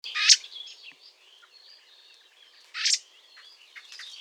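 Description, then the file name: Eurasian blackbird giving two harsh, noisy call bursts about two and a half seconds apart, with faint thin chirps of other birds between them. "Turdus merula"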